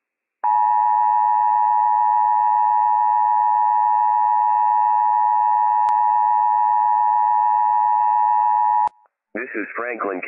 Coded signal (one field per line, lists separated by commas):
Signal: Emergency Alert System (SAME) tones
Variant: 853 and 960 Hz attention tone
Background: speech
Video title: Franklin? County EM RMT - WWF56 - EAS #192 - 10:37 AM PST 11/9/21